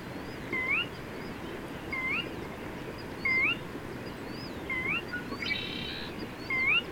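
Bird calls: a short, rising whistled upslur repeated about every one and a half seconds, with a brief harsh buzzy burst near the end over steady background hiss.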